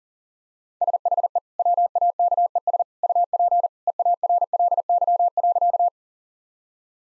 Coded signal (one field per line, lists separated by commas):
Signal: Morse code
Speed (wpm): 40 wpm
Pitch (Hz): 700 Hz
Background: none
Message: SHE WAKES UP EARLY.